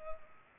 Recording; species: mosquito wingbeat signal from an infrared sensor; Culex pipiens